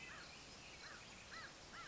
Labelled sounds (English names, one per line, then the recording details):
American Crow
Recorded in Sonoma County, California